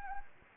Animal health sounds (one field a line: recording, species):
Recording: mosquito wingbeat signal from an infrared sensor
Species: Anopheles gambiae